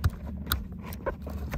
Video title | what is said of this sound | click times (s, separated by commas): DIY Dodge Hornet: Installing the Engine Control Module - 2.0L - Power+ by SILA Concepts | then you're going to push it till you hear it click. | 0.5 s